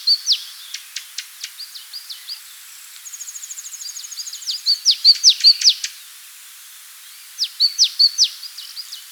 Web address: spot winged tit song